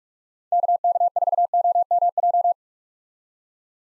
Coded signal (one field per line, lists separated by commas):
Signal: Morse code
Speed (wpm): 44 wpm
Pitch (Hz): 700 Hz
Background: none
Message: KK4OMJ